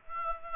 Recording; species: mosquito wingbeat signal from an infrared sensor; Aedes aegypti